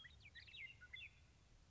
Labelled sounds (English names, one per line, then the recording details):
Western Meadowlark
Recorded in Sonoma County, California